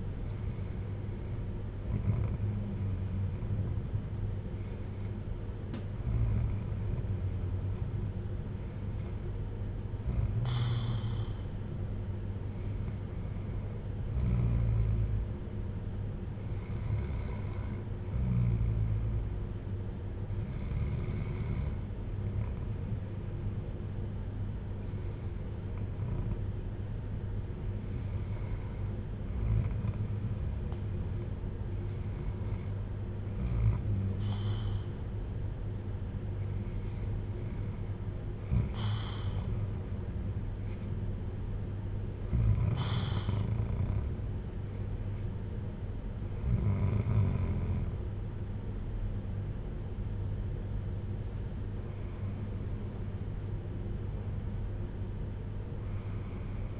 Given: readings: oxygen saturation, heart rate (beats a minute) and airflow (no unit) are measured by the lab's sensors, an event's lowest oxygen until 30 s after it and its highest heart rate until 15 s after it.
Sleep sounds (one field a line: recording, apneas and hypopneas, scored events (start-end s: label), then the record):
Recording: breathing in sleep by a smartphone at the bedside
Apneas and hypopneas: none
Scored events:
36.00-56.80 s: new sleep stage, N1 (lightest sleep)
From the record:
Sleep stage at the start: N2 (light sleep)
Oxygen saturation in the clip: 93 to 95%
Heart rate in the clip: 54 to 63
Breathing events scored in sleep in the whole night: 310 in 8.1 hours asleep